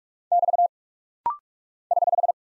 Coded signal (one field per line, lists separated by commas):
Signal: Morse code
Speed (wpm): 46 wpm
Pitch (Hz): 700 Hz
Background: none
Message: <BT> <HH>